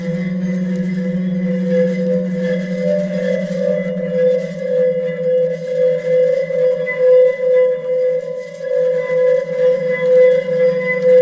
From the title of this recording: Singing Stones - Sustain Long